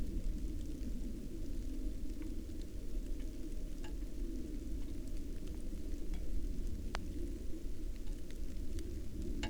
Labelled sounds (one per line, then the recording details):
rain
aircraft
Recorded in the Prudhoe Bay oil fields, Alaska, on 19 July 2019 at 18:11
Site 14